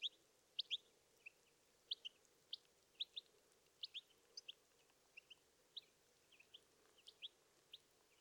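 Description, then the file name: European goldfinch calls: faint, thin, high chirps, often paired, repeated steadily over a quiet background. "Carduelis carduelis"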